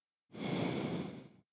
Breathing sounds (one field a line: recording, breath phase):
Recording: one breath near a microphone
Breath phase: exhalation